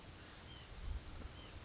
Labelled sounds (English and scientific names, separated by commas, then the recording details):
White-breasted Nuthatch (Sitta carolinensis)
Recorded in Sonoma County, California